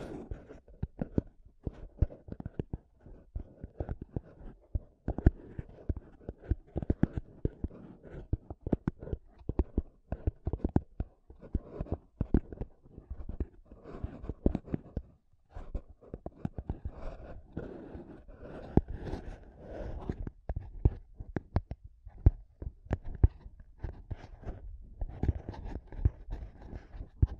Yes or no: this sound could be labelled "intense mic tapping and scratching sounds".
yes